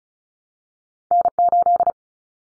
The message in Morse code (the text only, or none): N8